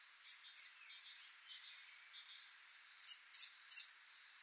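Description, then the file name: Great tit calling: two high, clear whistled notes with falling tails, a pause, then a three-note phrase, with faint twittering between. "Parus major"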